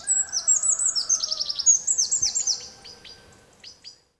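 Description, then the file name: Eurasian wren song, a loud, rapid series of high descending notes and trills fading into a few scattered chips, with another bird's lower whistle beneath. "Troglodytes troglodytes"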